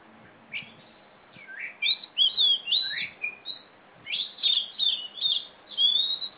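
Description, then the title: Oriental magpie-robin singing, a quiet start followed by a run of bright whistled notes and scratchy slurs in quick succession, faint low background noise. Female black-plumaged Oriental magpie-robin, a national champion competition bird from East Java, in continuous loud "gacor" singing, described as a fighting-style "tarung" bird. "Kacer Juara 1 Nasional gacor kacer juara nasional jawa timur kacer tarung betina poci gacor hitam"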